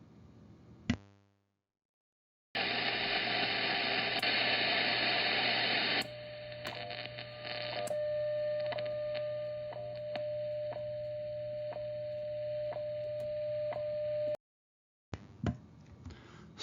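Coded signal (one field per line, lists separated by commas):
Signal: radio time signal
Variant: WWV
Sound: loud shortwave static, a faint steady tone and soft ticks once per second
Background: radio static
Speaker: let's listen at noon here in Texas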